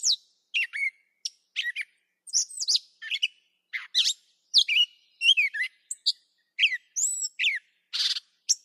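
Catbird song, a rapid jumble of short squeaky, whistled and chattering phrases, delivered in quick succession with brief pauses, with no other sounds.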